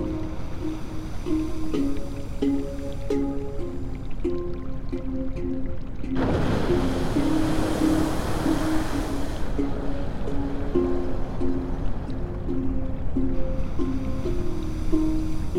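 Handpan melody in F minor, a slow line of ringing, sustained notes struck every second or so over a low, steady hum. From about six to nine and a half seconds a loud rushing swell, like surf, washes over the notes before they continue alone.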